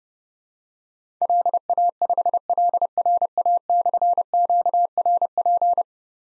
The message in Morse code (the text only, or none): LA5LRA/QRP